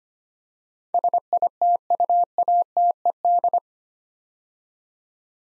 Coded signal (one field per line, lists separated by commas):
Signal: Morse code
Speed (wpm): 25 wpm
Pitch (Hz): 700 Hz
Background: none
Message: SITUATED